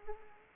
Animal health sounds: mosquito wingbeat signal from an infrared sensor; Anopheles arabiensis

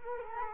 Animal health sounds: mosquito wingbeat signal from an infrared sensor; Culex quinquefasciatus

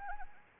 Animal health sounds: mosquito wingbeat signal from an infrared sensor; Anopheles arabiensis

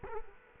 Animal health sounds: mosquito wingbeat signal from an infrared sensor; Culex quinquefasciatus

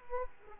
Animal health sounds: mosquito wingbeat signal from an infrared sensor; Aedes aegypti

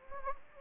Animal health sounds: mosquito wingbeat signal from an infrared sensor; Anopheles gambiae

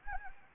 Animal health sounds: mosquito wingbeat signal from an infrared sensor; Anopheles gambiae

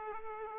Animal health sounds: mosquito wingbeat signal from an infrared sensor; Culex pipiens

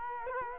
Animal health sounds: mosquito wingbeat signal from an infrared sensor; Culex quinquefasciatus

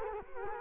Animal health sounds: mosquito wingbeat signal from an infrared sensor; Culex quinquefasciatus

